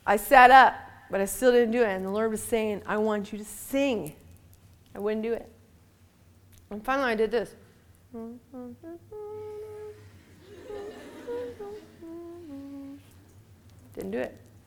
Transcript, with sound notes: I sat up, but I still didn't do it, and the Lord was saying, "I want you to sing." And I wouldn't do it. And finally, I did this. [sings the song very quietly, sounds like her mouth is closed, it's almost just a humming. Girls laugh] Didn't do it.